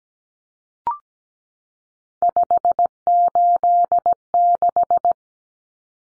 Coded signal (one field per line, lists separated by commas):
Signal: Morse code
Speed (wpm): 17 wpm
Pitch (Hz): 700 Hz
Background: none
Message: 586